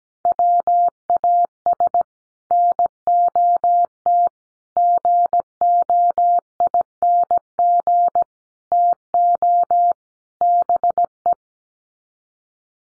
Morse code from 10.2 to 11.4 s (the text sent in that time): BE